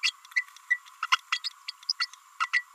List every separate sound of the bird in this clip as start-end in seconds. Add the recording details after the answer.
0.03-0.12, 0.70-0.79, 1.02-1.06, 1.12-1.18, 1.32-1.40, 1.68-1.71, 1.89-1.92, 1.99-2.07, 2.40-2.49, 2.53-2.64. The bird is a female. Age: 30 days. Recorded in a nest box in Venezuela. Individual 17B32A5